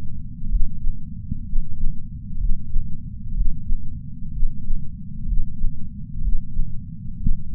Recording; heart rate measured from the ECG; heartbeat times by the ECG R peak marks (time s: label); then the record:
heart sounds by patch sensor on the chest; 63 bpm
0.48 s: heartbeat
1.44 s: heartbeat
2.37 s: heartbeat
3.33 s: heartbeat
4.31 s: heartbeat
5.25 s: heartbeat
6.20 s: heartbeat
7.17 s: heartbeat
From the record:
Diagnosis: coronary artery disease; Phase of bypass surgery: preoperative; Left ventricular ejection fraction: 49.5%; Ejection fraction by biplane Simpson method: 47.8%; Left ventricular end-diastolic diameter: 60 mm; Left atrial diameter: 43 mm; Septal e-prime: 5 cm/s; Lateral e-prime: 6.6 cm/s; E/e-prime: 10.3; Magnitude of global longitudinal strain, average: 15.5%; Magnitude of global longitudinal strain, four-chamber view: 15.2%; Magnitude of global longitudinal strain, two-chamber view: 16.5%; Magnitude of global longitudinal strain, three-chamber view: 14.7%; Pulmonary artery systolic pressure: 27 mmHg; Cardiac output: 5.6 L/min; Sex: male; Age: 57 years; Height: 175 cm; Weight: 71 kg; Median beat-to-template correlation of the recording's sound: 0.89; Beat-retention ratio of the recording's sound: 0.99